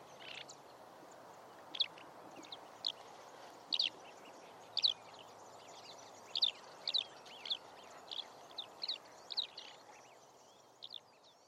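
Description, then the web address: Eurasian skylark giving a run of brief, bright chirping notes, scattered irregularly and coming closer together in the second half, over constant low hiss. "Deverinetal"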